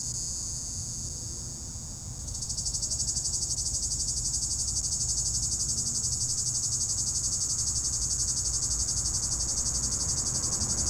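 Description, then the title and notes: Cicada call starting quietly, then jumping to a loud, steady pulsing buzz after two seconds, pulses about four per second, low rumble underneath. Cicada in an apple tree at the top of a hill near Chindrieux, France; 32° heat; road traffic nearby; recorded with a Zoom H4n Pro, preamp level 100. "3029 Rte d'Aix, Chindrieux, France - cigale. Cigale dans un pommier au sommet de la côte de groisin, il fait 32°"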